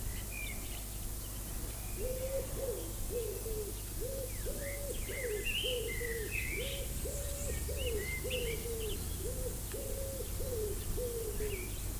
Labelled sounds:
Common Blackbird song
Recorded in the wild
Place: Lübars, Benekendorffstraße, Berlin, DE
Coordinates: 52.6167, 13.3469
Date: 2004-05-01 12:31
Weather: sunny, 21°C
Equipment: Fair Mate ST-1328 (Asahi Electronics, Japan), Sennheiser ME 80, Kopie Uher 4000 Report Monitor
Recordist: Tembrock, Günter

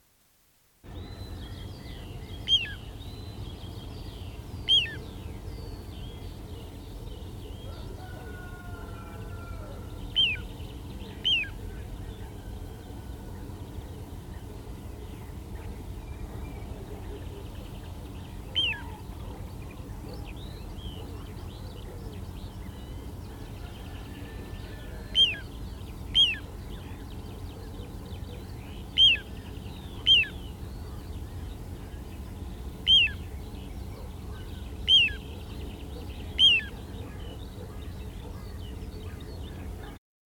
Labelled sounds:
Little Ringed Plover call
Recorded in the wild
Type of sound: call
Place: Schönfeld, Brandenburg, DE
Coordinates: 53.396, 14.001
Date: 1988-06-17
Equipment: Nagra III BH, Sennheiser MD 21, parabola
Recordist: Schubert, Michael
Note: Rufe Flußregenpfeifer-Paar, brutverdächtig

